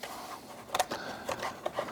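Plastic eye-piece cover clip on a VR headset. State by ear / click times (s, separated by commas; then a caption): released / 0.8 s. While the plastic eye-piece cover of a Meta Quest VR headset is pried around, the last plastic cover clip snaps free at 0.8 s with a sharp, bright click. A second tick follows immediately, then a few softer plastic ticks and scrapes, and the cover is released.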